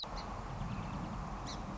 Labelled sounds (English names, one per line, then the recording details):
Song Sparrow
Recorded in Sonoma County, California